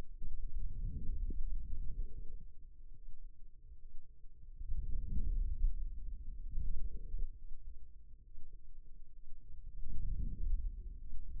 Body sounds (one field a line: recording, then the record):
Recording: forearm muscle sounds (acoustic myography)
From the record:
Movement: outward rotation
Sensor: system 2, bracelet of six BSWA MPA416 microphones around the upper forearm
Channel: 6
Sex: male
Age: 22 years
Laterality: right